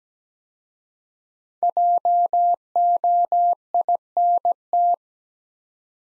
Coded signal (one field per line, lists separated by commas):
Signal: Morse code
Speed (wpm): 17 wpm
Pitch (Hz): 700 Hz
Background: none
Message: JOINT